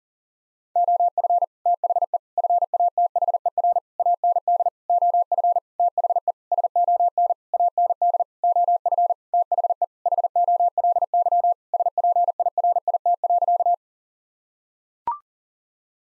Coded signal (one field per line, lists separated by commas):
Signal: Morse code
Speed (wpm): 40 wpm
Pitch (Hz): 700 Hz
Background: none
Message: OF THE FATHER AND OF THE SON AND OF THE HOLY SPIRIT.